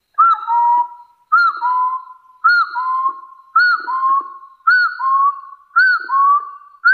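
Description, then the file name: Hill partridge repeating a two-note whistle roughly every second, a high arched note followed by a lower sustained whistle. "Tieng ga so nui"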